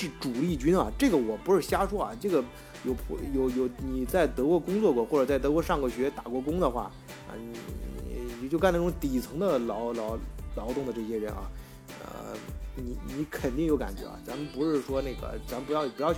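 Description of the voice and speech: A man speaks Mandarin with repeated syllables and words and a brief hold mid-word, consistent with mild adult stuttering that began in childhood, was once severe, and is now less severe.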